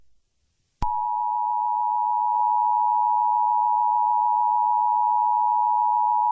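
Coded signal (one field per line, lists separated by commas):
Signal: Emergency Alert System (SAME) tones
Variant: 853 and 960 Hz attention tone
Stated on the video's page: Mock (simulated) EAS tornado warning for Texas.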